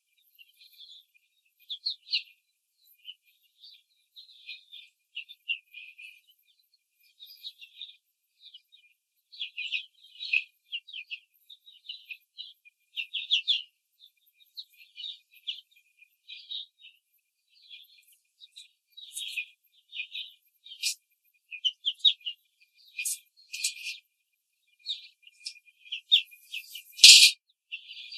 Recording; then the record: young laying hens in a cage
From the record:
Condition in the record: control cage, before the stress test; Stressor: none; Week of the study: 4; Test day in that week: 3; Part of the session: 1